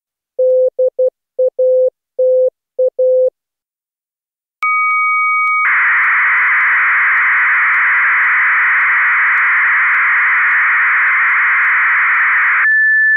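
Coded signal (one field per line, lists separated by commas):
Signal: fast PSK data mode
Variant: 8PSK1000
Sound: short low beeps, two steady tones, then seven seconds of wide rushing hiss ending in a tone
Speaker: hebben we aan het eind ook een stuk data tegelijkertijd met contestia en acht psk 1000 net als gisteren maar een tegenstelling was gisteren nu werd een centrale frequentie van 1750 Hertz dus acht psk 1000 1750 herts aan het eind van de uitzending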